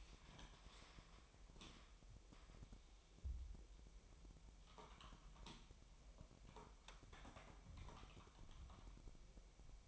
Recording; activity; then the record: daily activity, microphone in the room; typing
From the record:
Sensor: 1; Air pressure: 1002.0 hPa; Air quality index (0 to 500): 244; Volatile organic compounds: 49 ppm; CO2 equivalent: 3285 ppm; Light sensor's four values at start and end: 8/29/10/12 and 8/29/10/12